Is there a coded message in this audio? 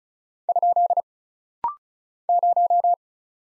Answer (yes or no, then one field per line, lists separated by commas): yes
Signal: Morse code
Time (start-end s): 0.5-2.9 s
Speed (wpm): 36 wpm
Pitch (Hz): 700 Hz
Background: none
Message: ? 0